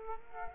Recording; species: mosquito wingbeat signal from an infrared sensor; Culex quinquefasciatus